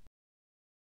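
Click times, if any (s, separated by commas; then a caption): none. A metal door knob rose is handled over its lock mounting plate, where it is pressed firmly all around until it snaps on. Only a brief burst of broadband noise is heard in the first 0.1 seconds, followed by silence. Nothing has seated or clicked yet.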